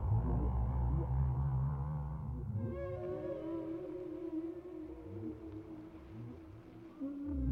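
Whale song: deep rumbling pulses at first, then sustained wavering tonal moans and slow sweeps.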